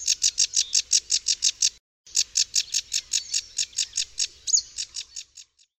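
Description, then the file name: Sedge warbler singing a fast series of harsh, clicking notes repeated rapidly, a short gap near two seconds, then the chattering resumes with a thin whistle mixed in. "rokitniczka"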